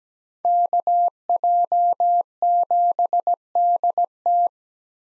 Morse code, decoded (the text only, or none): KJ7DT